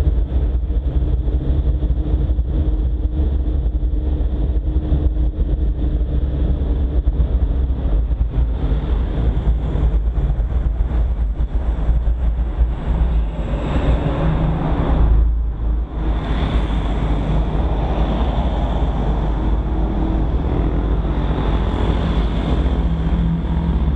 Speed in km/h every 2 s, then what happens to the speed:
23, 23, 22, 22, 16, 10, 2, 2, 0, 0, 0, 0.
0-6 steady at about 22. 6-12 slows to 2. 12-24 standing.